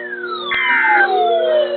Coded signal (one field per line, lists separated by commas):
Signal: Emergency Alert System (SAME) tones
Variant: end-of-message bursts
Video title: Nonstop Alerts Day 1: Of Course this Happens When I’m in Minnesota :’) (EAS #242-263)